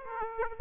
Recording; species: mosquito wingbeat signal from an infrared sensor; Aedes aegypti